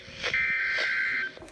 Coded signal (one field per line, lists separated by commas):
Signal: Emergency Alert System (SAME) tones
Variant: header bursts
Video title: 5+ MINUTES OF RWT's + BONUS - SGX RWT's from Late April to Early June (EAS #20-24)